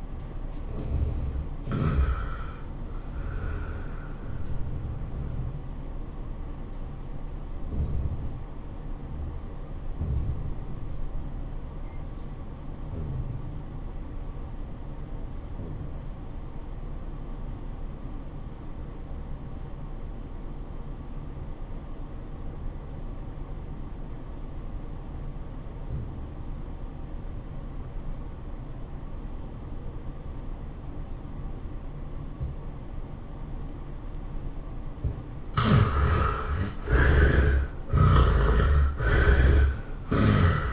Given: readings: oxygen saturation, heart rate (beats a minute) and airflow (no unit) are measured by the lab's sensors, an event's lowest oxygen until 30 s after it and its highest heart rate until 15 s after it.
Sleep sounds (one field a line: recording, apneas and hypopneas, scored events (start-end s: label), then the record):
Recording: breathing in sleep by a smartphone at the bedside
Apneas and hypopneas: 1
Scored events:
10.00-35.50 s: obstructive apnea (REM, oxygen 97% highest, then 72% lowest, heart rate 100 at the start, 112 highest)
From the record:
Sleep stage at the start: REM sleep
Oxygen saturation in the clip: 74 to 97%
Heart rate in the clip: 87 to 112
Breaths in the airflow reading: 6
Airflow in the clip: -12.7 to 9.1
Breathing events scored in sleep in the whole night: 403 in 5.5 hours asleep